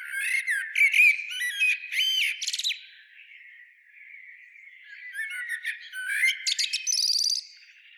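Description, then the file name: Common blackbird with scratchy, squeaky notes and short whistles, quiet for a moment, then a second lively burst. "Turdus merula"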